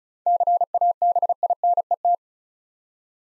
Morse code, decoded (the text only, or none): CABINET